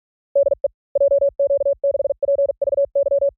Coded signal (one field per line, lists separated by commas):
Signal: Morse code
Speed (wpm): 46 wpm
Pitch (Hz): 560 Hz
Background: none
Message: DE JQ6PVY